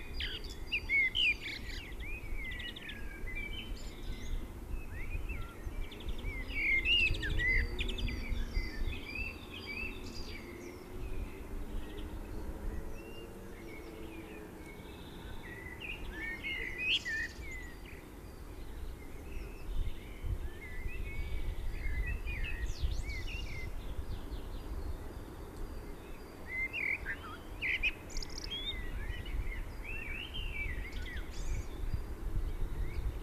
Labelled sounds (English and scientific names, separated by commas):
Common Blackbird (Turdus merula) song